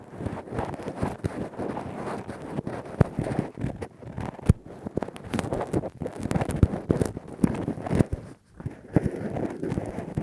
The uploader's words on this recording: Intense Rough Deep Ear Cleaning w Q-tip, Ear Pick. (No Talking).